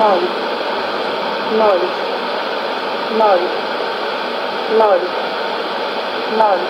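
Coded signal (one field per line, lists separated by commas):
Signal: numbers station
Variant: S06s, Russian female voice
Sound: short spoken words about every 1.6 seconds, five in all, under heavy hiss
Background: radio static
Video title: 21 04 2020 S06s Russian Lady numbers station in Russian to Eu 0704 on 5760 unknown tx site USB+AM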